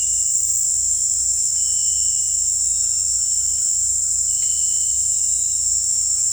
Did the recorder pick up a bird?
no